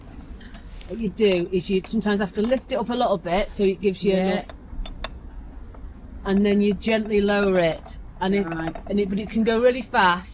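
With a windlass on the canal lock paddle spindle, the paddle gear is held by its metal ratchet pawl, and the paddle is lifted slightly to take the load off so the pawl can be knocked clear before lowering. Someone talks before and after a sharp metallic clack at 5.0 s, with quieter ticks around it. The ratchet pawl is released.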